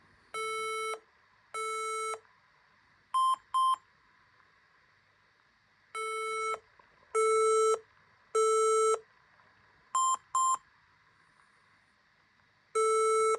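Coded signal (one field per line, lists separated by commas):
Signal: beep code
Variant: HP laptop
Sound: buzzy beeps repeating: three long, two short, pause, then again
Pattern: 3 long, 2 short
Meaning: Memory (RAM) failure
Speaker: so guys I've counted and that bleeping noise was a cycle of five times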